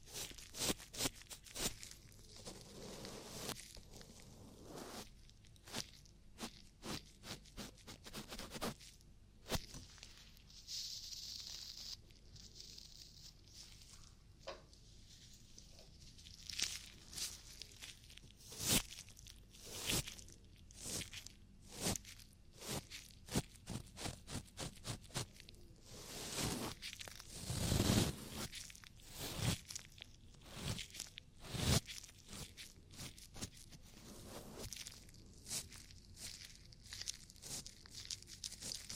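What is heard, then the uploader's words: Ear cleaning sounds: a steady stream of crackly scratches, taps and rubbing strokes, irregular and dense throughout. Brighter hissing brushes come through around 10–12 seconds, and a louder crunchy swell arrives near 27 seconds against a quiet, low background. ASMR Relaxing Ear Cleaning & Ear Attention [NO TALKING].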